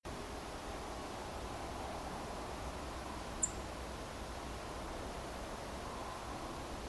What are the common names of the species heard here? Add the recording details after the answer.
Song Thrush. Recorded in France